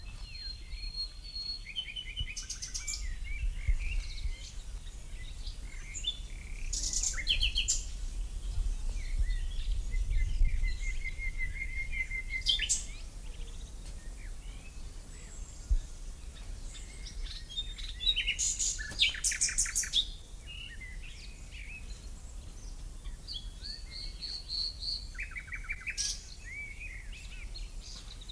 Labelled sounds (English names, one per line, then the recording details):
Common Nightingale song
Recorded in the wild
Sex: male
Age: adult
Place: Lübars, Berlin, DE
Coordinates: 52.6172, 13.3619
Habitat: wood
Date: 2007-05-04 13:45
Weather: sunny, 23°C
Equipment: Sony WM-D6C, Sennheiser ME 80, Kopie Uher 4000 Report Monitor
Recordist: Tembrock, Günter
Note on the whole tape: Männchen: Gesang (gleiches Exemplar am 28.4., 4.5., 6.5., 20.5, 28.5. und Tier 1 am 29.5.2007). Im kleinen Wäldchen nahe der Siedlung - in der Nähe des Grundstücks